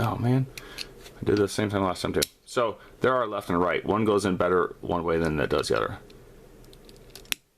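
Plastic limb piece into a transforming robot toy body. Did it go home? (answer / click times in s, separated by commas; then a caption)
yes / 7.3 s. Someone talks while a plastic arm/pile-driver piece of a transforming robot toy figure is pushed into its socket on the body, with a few faint plastic ticks just before. A sharp click at 7.3 s marks the piece seating, leaving it in nice and solid.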